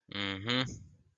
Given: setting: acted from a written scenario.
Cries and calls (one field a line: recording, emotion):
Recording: vocal sound without words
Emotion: pride